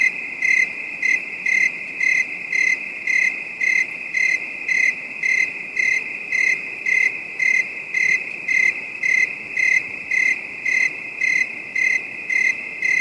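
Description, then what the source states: Cricket singing, regular high-pitched chirps about twice a second above a steady insect buzz. Calm, distant night bed of high-pitched crickets.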